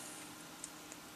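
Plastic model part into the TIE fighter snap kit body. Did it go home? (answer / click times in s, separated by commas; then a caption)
no / none. A plastic part of a Revell TIE fighter snap model kit is handled as it is dropped into its socket in the kit body, with two faint ticks at about 0.6 and 0.9 seconds over a steady hiss. Nothing has seated or clicked yet.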